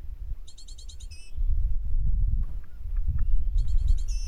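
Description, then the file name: Great tit uttering two quick bursts of harsh, ringing chatter notes ending in a lower slurred note, separated by about two seconds of low rumble. "Parus major"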